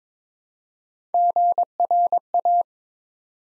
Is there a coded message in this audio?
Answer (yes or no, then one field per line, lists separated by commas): yes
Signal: Morse code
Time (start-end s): 1.1-2.6 s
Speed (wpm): 22 wpm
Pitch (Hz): 700 Hz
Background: none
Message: GRA